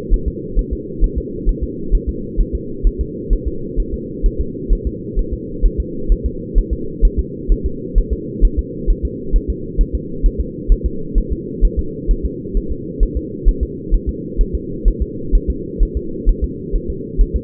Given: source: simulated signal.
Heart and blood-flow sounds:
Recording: fetal heart sounds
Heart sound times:
0.14 s: S1
0.28 s: S2
0.59 s: S1
0.73 s: S2
1.04 s: S1
1.18 s: S2
1.49 s: S1
1.63 s: S2
1.95 s: S1
2.09 s: S2
2.41 s: S1
2.55 s: S2
2.87 s: S1
3.01 s: S2
3.33 s: S1
3.47 s: S2
3.80 s: S1
3.94 s: S2
4.26 s: S1
4.41 s: S2
4.73 s: S1
4.87 s: S2
5.19 s: S1
5.34 s: S2
5.66 s: S1
5.80 s: S2
6.12 s: S1
6.26 s: S2
6.58 s: S1
6.73 s: S2
7.05 s: S1
7.19 s: S2
7.52 s: S1
7.66 s: S2
7.98 s: S1
8.13 s: S2
8.45 s: S1
8.59 s: S2
8.91 s: S1
9.05 s: S2
9.36 s: S1
9.50 s: S2
9.81 s: S1
9.95 s: S2
10.26 s: S1
10.41 s: S2
10.72 s: S1
10.86 s: S2
11.18 s: S1
11.32 s: S2
11.65 s: S1
11.79 s: S2
12.11 s: S1
12.25 s: S2
12.57 s: S1
12.72 s: S2
13.03 s: S1
13.17 s: S2
13.49 s: S1
13.63 s: S2
13.95 s: S1
14.09 s: S2
14.41 s: S1
14.55 s: S2
14.88 s: S1
15.02 s: S2
15.35 s: S1
15.50 s: S2
15.83 s: S1
15.97 s: S2
16.29 s: S1
16.44 s: S2
16.76 s: S1
16.90 s: S2
17.21 s: S1
17.36 s: S2
From the record:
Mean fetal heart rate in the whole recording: 130 bpm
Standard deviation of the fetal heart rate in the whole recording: 4 bpm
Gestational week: 38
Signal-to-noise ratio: -4.3 dB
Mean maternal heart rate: 72 bpm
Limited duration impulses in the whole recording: absent

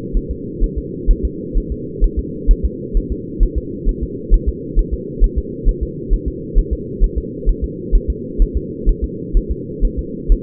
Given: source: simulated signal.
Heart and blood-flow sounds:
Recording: fetal heart sounds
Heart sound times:
0.17 s: S1
0.31 s: S2
0.64 s: S1
0.78 s: S2
1.11 s: S1
1.25 s: S2
1.57 s: S1
1.72 s: S2
2.04 s: S1
2.19 s: S2
2.51 s: S1
2.65 s: S2
2.97 s: S1
3.12 s: S2
3.43 s: S1
3.58 s: S2
3.89 s: S1
4.03 s: S2
4.34 s: S1
4.49 s: S2
4.79 s: S1
4.94 s: S2
5.24 s: S1
5.38 s: S2
5.69 s: S1
5.83 s: S2
6.13 s: S1
6.28 s: S2
6.58 s: S1
6.73 s: S2
7.04 s: S1
7.18 s: S2
7.49 s: S1
7.64 s: S2
7.95 s: S1
8.10 s: S2
8.42 s: S1
8.57 s: S2
8.89 s: S1
9.04 s: S2
9.37 s: S1
9.51 s: S2
9.85 s: S1
9.99 s: S2
10.32 s: S1
From the record:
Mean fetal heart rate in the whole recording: 130 bpm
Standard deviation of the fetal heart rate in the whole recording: 2 bpm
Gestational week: 38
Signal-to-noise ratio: -4.1 dB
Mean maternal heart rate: no maternal heart sound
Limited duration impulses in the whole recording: absent

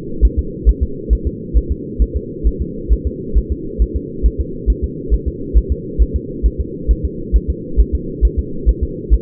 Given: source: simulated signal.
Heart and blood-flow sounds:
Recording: fetal heart sounds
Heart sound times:
0.25 s: S1
0.39 s: S2
0.69 s: S1
0.83 s: S2
1.13 s: S1
1.27 s: S2
1.57 s: S1
1.72 s: S2
2.02 s: S1
2.16 s: S2
2.47 s: S1
2.62 s: S2
2.93 s: S1
3.07 s: S2
3.38 s: S1
3.52 s: S2
3.82 s: S1
3.96 s: S2
4.26 s: S1
4.41 s: S2
4.70 s: S1
4.84 s: S2
5.14 s: S1
5.28 s: S2
5.57 s: S1
5.72 s: S2
6.02 s: S1
6.16 s: S2
6.46 s: S1
6.60 s: S2
6.91 s: S1
7.05 s: S2
7.36 s: S1
7.50 s: S2
7.80 s: S1
7.95 s: S2
8.25 s: S1
8.39 s: S2
8.69 s: S1
8.83 s: S2
9.13 s: S1
From the record:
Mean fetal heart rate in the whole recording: 135 bpm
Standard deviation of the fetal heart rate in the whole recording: 3 bpm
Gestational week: 34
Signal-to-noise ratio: -4.3 dB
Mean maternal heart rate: 72 bpm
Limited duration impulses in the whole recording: absent

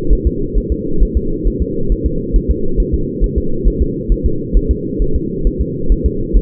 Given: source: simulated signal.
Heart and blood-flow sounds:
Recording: fetal heart sounds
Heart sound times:
0.13 s: S1
0.27 s: S2
0.58 s: S1
0.72 s: S2
1.03 s: S1
1.17 s: S2
1.47 s: S1
1.62 s: S2
1.92 s: S1
2.06 s: S2
2.36 s: S1
2.51 s: S2
2.80 s: S1
2.94 s: S2
3.24 s: S1
3.38 s: S2
3.68 s: S1
3.82 s: S2
4.12 s: S1
4.26 s: S2
4.57 s: S1
4.71 s: S2
5.02 s: S1
5.16 s: S2
5.47 s: S1
5.61 s: S2
5.92 s: S1
6.06 s: S2
6.37 s: S1
From the record:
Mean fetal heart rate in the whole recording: 135 bpm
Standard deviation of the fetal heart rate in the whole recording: 3 bpm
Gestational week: 36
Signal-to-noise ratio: -8.1 dB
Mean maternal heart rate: 72 bpm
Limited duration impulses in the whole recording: absent

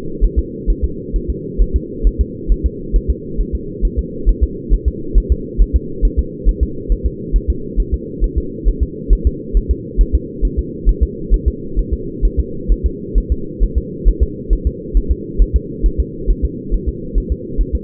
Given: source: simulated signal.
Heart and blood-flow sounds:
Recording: fetal heart sounds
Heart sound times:
0.24 s: S1
0.39 s: S2
0.70 s: S1
0.84 s: S2
1.16 s: S1
1.30 s: S2
1.62 s: S1
1.76 s: S2
2.07 s: S1
2.21 s: S2
2.52 s: S1
2.66 s: S2
2.96 s: S1
3.10 s: S2
3.41 s: S1
3.55 s: S2
3.85 s: S1
3.99 s: S2
4.29 s: S1
4.44 s: S2
4.73 s: S1
4.88 s: S2
5.18 s: S1
5.32 s: S2
5.62 s: S1
5.76 s: S2
6.05 s: S1
6.19 s: S2
6.49 s: S1
6.63 s: S2
6.92 s: S1
7.06 s: S2
7.36 s: S1
7.50 s: S2
7.80 s: S1
7.94 s: S2
8.24 s: S1
8.38 s: S2
8.68 s: S1
8.83 s: S2
9.13 s: S1
9.27 s: S2
9.57 s: S1
9.71 s: S2
10.01 s: S1
10.15 s: S2
10.45 s: S1
10.59 s: S2
10.89 s: S1
11.03 s: S2
11.34 s: S1
11.48 s: S2
11.79 s: S1
11.93 s: S2
12.25 s: S1
12.40 s: S2
12.72 s: S1
12.86 s: S2
13.18 s: S1
13.32 s: S2
13.63 s: S1
13.78 s: S2
14.08 s: S1
14.23 s: S2
14.53 s: S1
14.67 s: S2
14.97 s: S1
15.12 s: S2
15.42 s: S1
15.56 s: S2
15.86 s: S1
16.00 s: S2
16.30 s: S1
16.45 s: S2
16.74 s: S1
16.89 s: S2
17.18 s: S1
17.32 s: S2
17.61 s: S1
17.75 s: S2
From the record:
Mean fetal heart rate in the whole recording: 135 bpm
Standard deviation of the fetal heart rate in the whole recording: 3 bpm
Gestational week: 36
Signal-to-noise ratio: -4.3 dB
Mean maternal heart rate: 72 bpm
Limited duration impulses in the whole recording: absent

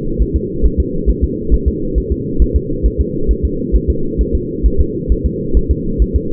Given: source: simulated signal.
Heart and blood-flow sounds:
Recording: fetal heart sounds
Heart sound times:
0.22 s: S1
0.36 s: S2
0.66 s: S1
0.80 s: S2
1.10 s: S1
1.24 s: S2
1.54 s: S1
1.68 s: S2
1.98 s: S1
2.12 s: S2
2.42 s: S1
2.56 s: S2
2.86 s: S1
3.00 s: S2
3.31 s: S1
3.45 s: S2
3.76 s: S1
3.90 s: S2
4.21 s: S1
4.35 s: S2
4.66 s: S1
4.81 s: S2
5.12 s: S1
5.26 s: S2
5.57 s: S1
5.71 s: S2
6.02 s: S1
6.16 s: S2
From the record:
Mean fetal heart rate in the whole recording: 135 bpm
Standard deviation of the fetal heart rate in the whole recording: 3 bpm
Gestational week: 34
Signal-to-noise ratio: -8.1 dB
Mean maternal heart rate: 72 bpm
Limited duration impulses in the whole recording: absent

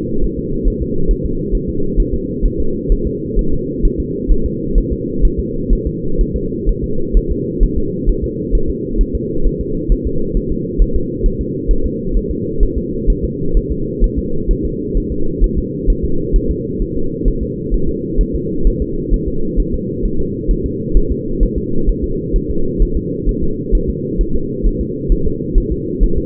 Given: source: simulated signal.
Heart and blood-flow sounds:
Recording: fetal heart sounds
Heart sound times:
0.24 s: S1
0.39 s: S2
0.68 s: S1
0.82 s: S2
1.11 s: S1
1.26 s: S2
1.55 s: S1
1.69 s: S2
2.00 s: S1
2.14 s: S2
2.46 s: S1
2.60 s: S2
2.92 s: S1
3.07 s: S2
3.39 s: S1
3.53 s: S2
3.85 s: S1
4.00 s: S2
4.32 s: S1
4.46 s: S2
4.78 s: S1
4.92 s: S2
5.25 s: S1
5.39 s: S2
5.73 s: S1
5.87 s: S2
6.21 s: S1
6.36 s: S2
6.69 s: S1
6.84 s: S2
7.17 s: S1
7.31 s: S2
7.64 s: S1
7.78 s: S2
8.09 s: S1
8.24 s: S2
8.55 s: S1
8.70 s: S2
9.01 s: S1
9.15 s: S2
9.47 s: S1
9.61 s: S2
9.92 s: S1
10.07 s: S2
10.37 s: S1
10.52 s: S2
10.82 s: S1
10.96 s: S2
11.26 s: S1
11.41 s: S2
11.71 s: S1
11.86 s: S2
12.17 s: S1
12.31 s: S2
12.63 s: S1
12.78 s: S2
13.10 s: S1
13.25 s: S2
13.57 s: S1
13.72 s: S2
14.04 s: S1
14.19 s: S2
14.51 s: S1
14.65 s: S2
14.97 s: S1
15.12 s: S2
15.44 s: S1
15.58 s: S2
15.90 s: S1
16.05 s: S2
16.36 s: S1
16.51 s: S2
16.82 s: S1
16.97 s: S2
17.28 s: S1
17.43 s: S2
17.74 s: S1
17.89 s: S2
18.21 s: S1
18.35 s: S2
18.67 s: S1
18.82 s: S2
19.14 s: S1
19.28 s: S2
19.60 s: S1
19.74 s: S2
20.05 s: S1
20.20 s: S2
20.51 s: S1
20.66 s: S2
20.97 s: S1
21.11 s: S2
21.43 s: S1
21.58 s: S2
21.89 s: S1
22.04 s: S2
22.36 s: S1
22.50 s: S2
22.83 s: S1
22.97 s: S2
23.29 s: S1
23.43 s: S2
23.75 s: S1
23.89 s: S2
24.21 s: S1
24.35 s: S2
24.67 s: S1
24.81 s: S2
25.12 s: S1
25.27 s: S2
25.58 s: S1
25.72 s: S2
26.04 s: S1
26.18 s: S2
From the record:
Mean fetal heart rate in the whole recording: 130 bpm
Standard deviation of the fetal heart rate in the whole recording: 4 bpm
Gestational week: 38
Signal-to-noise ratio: -8.1 dB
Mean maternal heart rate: 72 bpm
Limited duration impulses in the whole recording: absent

